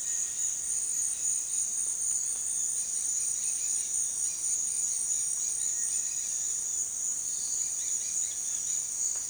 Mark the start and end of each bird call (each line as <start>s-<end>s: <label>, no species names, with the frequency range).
0.10s-6.71s: bird call (1.1-5.4 kHz)
7.23s-8.94s: bird call (1.6-5.4 kHz)